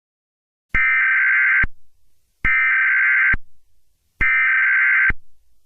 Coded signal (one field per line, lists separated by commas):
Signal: Emergency Alert System (SAME) tones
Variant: header bursts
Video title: EAS Scenario - Vyond Legacy Video Maker Disaster